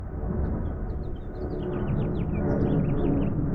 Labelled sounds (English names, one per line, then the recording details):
House Finch song
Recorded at Neponsit on Long Island, New York, on 4 June 1975
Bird D